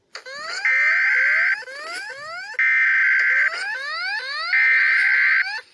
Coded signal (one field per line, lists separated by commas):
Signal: Emergency Alert System (SAME) tones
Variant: header bursts